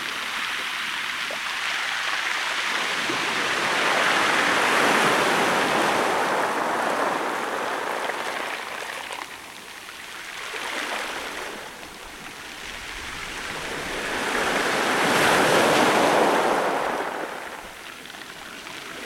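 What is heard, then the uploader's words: Waves wash over shingle close up, a constant hissing rush that swells and recedes in slow surges. Loud peaks arrive around five, ten and fifteen seconds, with the sharp, gritty wash of pebbles filling the gaps between them. Sea at Rottingdean. Close up recording of waves on shingle. Edirol R-09 recorder.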